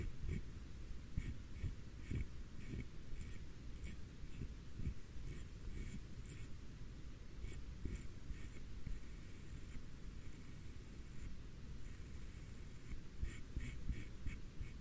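A comb brushes through in quick repeated strokes, each a short bright scratchy rasp, coming in clusters about once or twice a second across the whole stretch. Beneath the strokes runs a constant low, rough rumble with scattered soft thumps.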